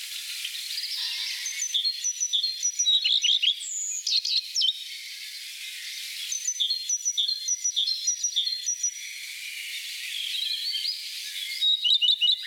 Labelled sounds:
Common Redstart (Phoenicurus phoenicurus) song
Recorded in the wild
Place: Oberrotweil am Kaiserstuhl, Baden-Württemberg, DE
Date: 1987-04-20
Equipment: Alparon-Reflektor
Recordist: Schwarz, Dieter
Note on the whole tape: Song

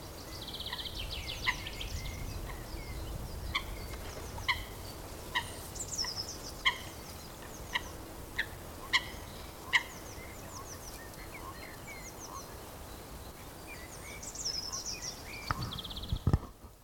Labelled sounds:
Common Chaffinch (Fringilla coelebs)
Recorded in the wild
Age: adult
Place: Mühlenbeck, am Tegeler Fließ, Brandenburg, DE
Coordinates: 52.6, 13.282
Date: 1992-04-11 11:50
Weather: heiter, 14°C, Wind
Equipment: Nagra SN, Mikrofon AKG CK 8, Kopie Tesla B 116
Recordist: Tembrock, Günter

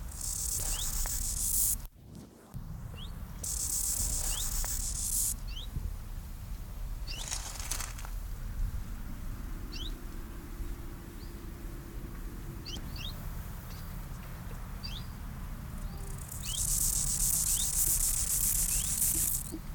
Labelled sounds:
Rufous Grasshopper (Gomphocerippus rufus) stridulation
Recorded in the wild
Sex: male
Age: imago
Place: Gößweinstein, Fränkische Schweiz, Bayern, DE
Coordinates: 49.72, 11.07
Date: 1995-09-06 12:02
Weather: schwach sonnig, 16,6°C
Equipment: Nagra SN, Sennheiser ME 80, Kopie Uher 4000 Report Monitor
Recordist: Tembrock, Günter

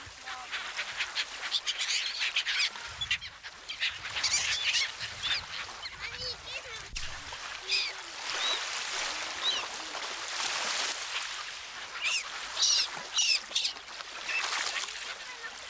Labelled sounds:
Black-headed Gull (Chroicocephalus ridibundus) call
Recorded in the wild
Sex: group
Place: Heringsdorf, Insel Usedom, Mecklenburg-Vorpommern, DE
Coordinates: 53.9569, 14.1542
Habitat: Baltic Sea, beach
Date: 1983-09-18 17:37
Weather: sunny, 17°C
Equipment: Nagra SN, Sennheiser MKH 416 T, Kopie Uher 4000 Report Monitor
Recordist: Tembrock, Günter

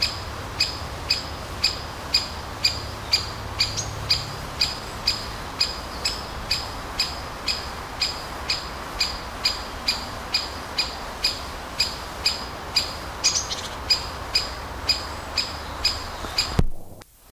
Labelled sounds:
Great Spotted Woodpecker (Dendrocopos major) alarm call
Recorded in the wild
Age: adult
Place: Forsthaus Dreilinden, Wannsee, Berlin, DE
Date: 1997-06-08 15:52
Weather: ca. 26°C, heiter, böiger Wind
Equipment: Nagra SN, Kopie Uher 4000 Report Monitor
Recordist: Tembrock, Günter
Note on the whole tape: Erregungsrufe ("kick")

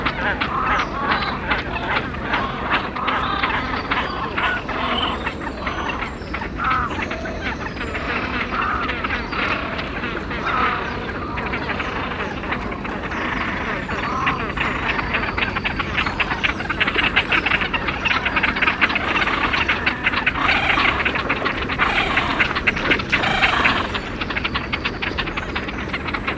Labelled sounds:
Great Crested Grebe (Podiceps cristatus) call
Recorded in the wild
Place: Schwerin, Mecklenburg-Vorpommern, DE
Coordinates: 53.636, 11.401
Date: 1975-05-09 03:45
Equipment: Nagra III BH, Sennheiser MD 21, parabola
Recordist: Schubert, Michael

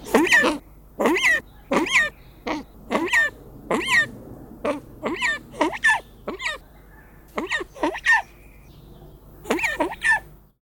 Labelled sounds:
Brown Eared Pheasant (Crossoptilon mantchuricum)
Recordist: Tembrock, Günter
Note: Lautfolgen

